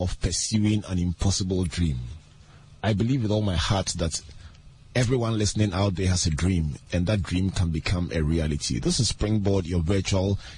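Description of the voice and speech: Clear, fluent adult male speech in a steady radio monologue; low, ordinary voice with brief natural pauses.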